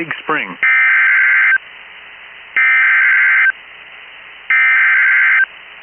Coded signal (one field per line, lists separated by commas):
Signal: Emergency Alert System (SAME) tones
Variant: header bursts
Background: speech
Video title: ANOTHER MDT DAY IN TEXAS! EAS Alerts from 5/17/2021 (EAS #302-324)